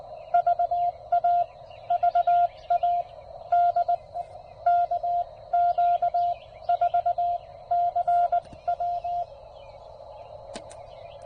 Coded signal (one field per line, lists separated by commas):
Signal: Morse code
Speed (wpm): 20 wpm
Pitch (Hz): 700 Hz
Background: none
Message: VA VA D KQ4CW